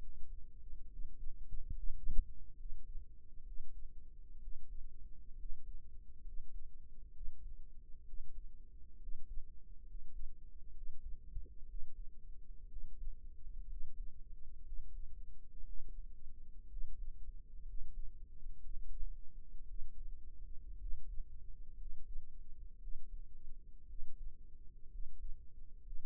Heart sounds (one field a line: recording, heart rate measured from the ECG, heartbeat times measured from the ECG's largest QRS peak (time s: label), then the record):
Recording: heart sounds by microphone in the right ear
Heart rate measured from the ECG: 63 bpm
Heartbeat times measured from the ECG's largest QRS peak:
0.87 s: heartbeat
1.73 s: heartbeat
2.55 s: heartbeat
3.43 s: heartbeat
4.38 s: heartbeat
5.35 s: heartbeat
6.22 s: heartbeat
7.11 s: heartbeat
8.04 s: heartbeat
8.97 s: heartbeat
9.84 s: heartbeat
10.72 s: heartbeat
11.65 s: heartbeat
12.67 s: heartbeat
13.66 s: heartbeat
14.63 s: heartbeat
15.63 s: heartbeat
16.67 s: heartbeat
17.63 s: heartbeat
18.60 s: heartbeat
19.65 s: heartbeat
20.77 s: heartbeat
21.75 s: heartbeat
22.78 s: heartbeat
23.85 s: heartbeat
24.88 s: heartbeat
25.80 s: heartbeat
From the record:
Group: healthy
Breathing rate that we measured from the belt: 15 breaths a minute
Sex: male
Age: 22 years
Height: 181 cm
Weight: 79 kg